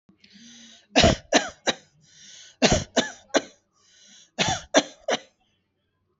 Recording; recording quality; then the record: shallow voluntary cough; excellent, no background noise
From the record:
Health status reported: healthy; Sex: male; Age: 39 years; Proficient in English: yes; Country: India